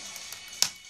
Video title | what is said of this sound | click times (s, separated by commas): Power rangers samurai clawzord and claw armour | Then you hear it click right in place. | 0.6 s